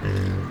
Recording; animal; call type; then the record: contact call of a hoofed animal; wild boar; grunt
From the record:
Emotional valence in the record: positive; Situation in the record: food anticipation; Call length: 0.51 s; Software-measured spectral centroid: 1840 Hz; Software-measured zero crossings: 760 a second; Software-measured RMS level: -24 dBFS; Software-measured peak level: -15 dBFS